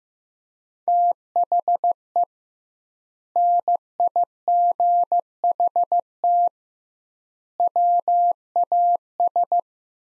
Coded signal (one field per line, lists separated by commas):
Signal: Morse code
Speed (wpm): 15 wpm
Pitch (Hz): 700 Hz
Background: none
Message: THE NIGHT WAS